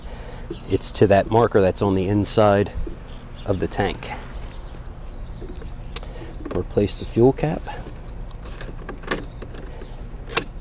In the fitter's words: makes a little click sound to let you know that it's